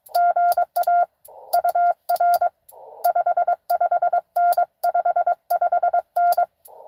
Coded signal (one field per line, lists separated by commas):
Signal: Morse code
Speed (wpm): 22 wpm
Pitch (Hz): 700 Hz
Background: none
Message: GA UR 55N 55N